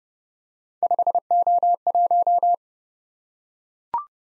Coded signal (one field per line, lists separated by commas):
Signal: Morse code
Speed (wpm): 30 wpm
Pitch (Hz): 700 Hz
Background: none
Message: 5O1